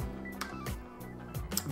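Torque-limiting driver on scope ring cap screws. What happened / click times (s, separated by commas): The torque driver clutch clicked at its setting / 1.6 s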